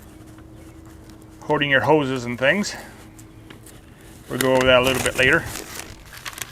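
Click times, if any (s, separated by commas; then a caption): 6.4 s. A plastic accessory is pressed into its storage holder on the body of a RYOBI 40V 2000PSI brushless power washer during assembly. Someone talks, then after light handling noises the accessory pops into place with a sharp click at 6.4 s, seating in the holder.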